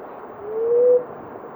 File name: Blue headed quail dove